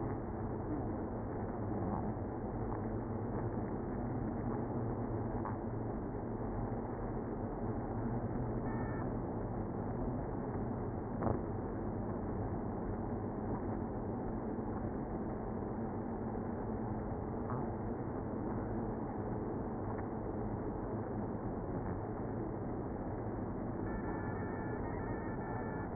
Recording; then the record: honeybee colony, microphone inside the hive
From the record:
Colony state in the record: queenless (queen removed); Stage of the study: after two queens were removed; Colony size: about 60,000 bees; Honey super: yes